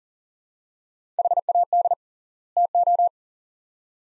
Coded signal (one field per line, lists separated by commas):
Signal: Morse code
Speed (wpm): 39 wpm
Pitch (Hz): 700 Hz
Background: none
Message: HAD TO